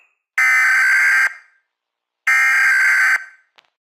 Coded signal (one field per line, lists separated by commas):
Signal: Emergency Alert System (SAME) tones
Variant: header bursts